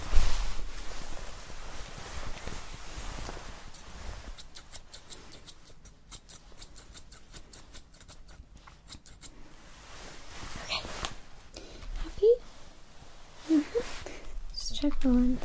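Hair salon sounds, with a steady low hum at the start giving way to a long run of quick, crisp scissor snips from about four to ten seconds. After that a voice comes in with short spoken bits near the end, over faint rustling.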